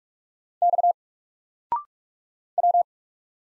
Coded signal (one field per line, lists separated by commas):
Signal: Morse code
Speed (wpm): 47 wpm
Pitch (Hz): 700 Hz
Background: none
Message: X W